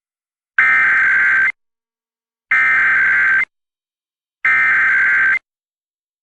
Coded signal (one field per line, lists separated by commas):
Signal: Emergency Alert System (SAME) tones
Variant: header bursts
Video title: EAS #81: HI-EMA Required Monthly Test